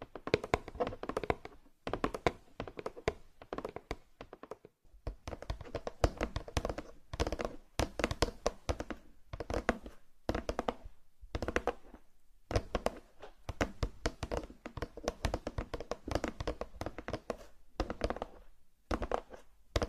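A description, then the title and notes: Dense, rapid tapping and light knocking on a box and a massage mat, the hits running in busy bursts broken by short silences roughly every two to three seconds. The taps are crisp and bright with a soft low thud under them, the pace irregular throughout. Massage Mat and Box Tapping.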